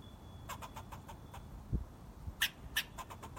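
Squirrel chirps in quick series, two strong sharp chirps close together near the end, with a soft low thump midway.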